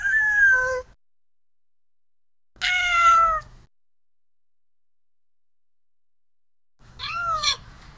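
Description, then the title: Cat meowing: three clear, harmonic meows spaced a few seconds apart, with silence between them. "GATTO"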